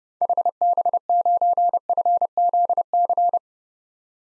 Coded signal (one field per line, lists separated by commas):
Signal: Morse code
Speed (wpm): 30 wpm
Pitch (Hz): 700 Hz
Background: none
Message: HB9FZC